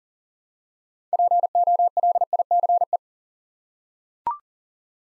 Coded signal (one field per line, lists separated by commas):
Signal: Morse code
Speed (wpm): 37 wpm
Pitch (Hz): 700 Hz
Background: none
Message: POLICE